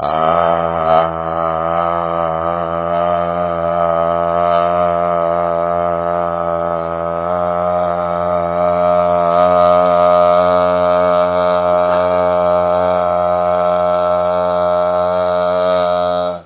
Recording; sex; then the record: sustained vowel /a/; male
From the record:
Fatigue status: no fatigue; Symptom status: symptomatic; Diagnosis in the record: COVID-19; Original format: 3gp